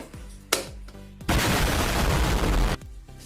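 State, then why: Seated. A fine-square cutting grid is fitted into a manual vegetable chopper, one side first, then pressed down until it snaps in with a sharp click at 0.5 s. Fainter knocks follow, then a loud, steady wash of broadband sound from about 1.3 to 2.8 s. The grid is seated and fixed.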